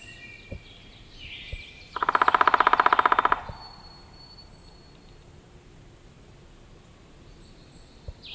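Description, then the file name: Downy Woodpecker call, a quick rattling series of clipped squeaky notes held level for about one and a half seconds, with soft bird calls and a few clicks in the background. "Picoides pubescens - Downy Woodpecker"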